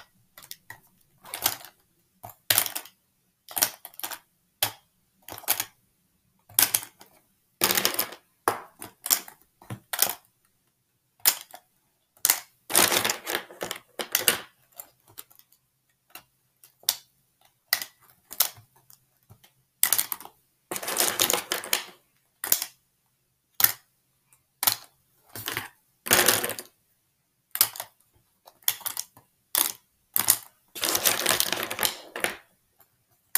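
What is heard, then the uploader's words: Markers being handled: sharp clicks and taps of caps and barrels come in quick irregular bursts, separated by short silences. Every few seconds a longer, louder scratchy stroke or rustle stands out, around 8, 13, 21, 26 and 31 seconds. Marker ASMR. Playing around with my markers.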